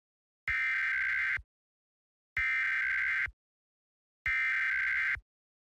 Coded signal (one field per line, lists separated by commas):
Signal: Emergency Alert System (SAME) tones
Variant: header bursts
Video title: Emergency Alert System EAS #2: Required Monthly Test - WTHR-TV 13Sunrise/News (6/17/2021)